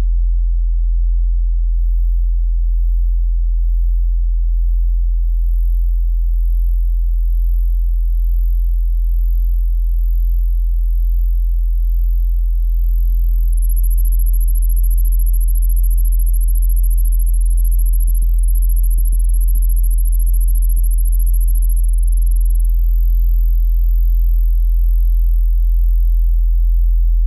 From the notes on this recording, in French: un doux drone bourdonne en ronron, un bruit blanc s'effiloche en bruissement, des gazouillis naissent autour d'un 10 kHz